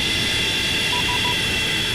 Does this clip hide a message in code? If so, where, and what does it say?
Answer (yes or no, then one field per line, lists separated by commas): no